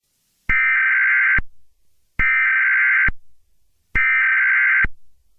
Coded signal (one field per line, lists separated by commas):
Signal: Emergency Alert System (SAME) tones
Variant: header bursts